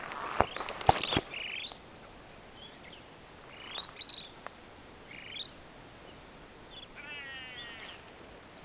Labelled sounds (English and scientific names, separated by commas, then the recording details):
Superb Starling (Lamprotornis superbus) flight call
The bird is a female
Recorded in Kenya on 28 May 2010
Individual 4, of group CF1